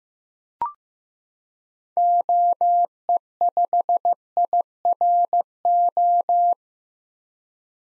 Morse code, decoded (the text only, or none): OE5IRO